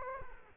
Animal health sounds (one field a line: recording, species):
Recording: mosquito wingbeat signal from an infrared sensor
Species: Culex quinquefasciatus